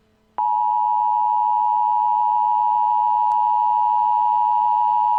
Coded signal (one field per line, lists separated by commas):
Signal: Emergency Alert System (SAME) tones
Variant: 853 and 960 Hz attention tone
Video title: EAS Scenario: Zombie Hell